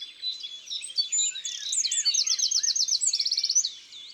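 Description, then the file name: Eurasian wren song: a fast, piercing stream of high notes that breaks into buzzing rattling trills before fading. Recorded in Isère, France. "Troglodyte-mignon-Concerts-naturels-de-l Isere-Studio-Les-Trois-Becs"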